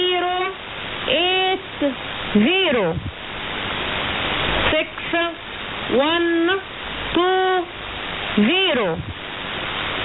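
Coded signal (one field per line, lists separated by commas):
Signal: numbers station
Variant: E25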